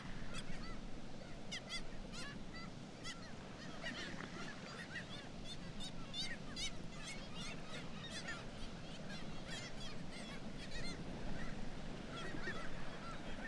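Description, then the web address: Black-legged kittiwakes in a noisy colony, with many overlapping grating, repeated calls and bursts of chattering over a constant low rumble. "sound Black-legged-kittiwake. صدای-پرنده-کاکایی-پاسیاه"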